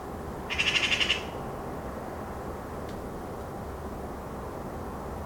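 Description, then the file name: Eurasian magpie giving one short, harsh rattling chatter of rapid dry notes near the start, then quiet with faint background hiss. "Pica pica"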